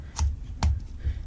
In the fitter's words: it doesn't snap as well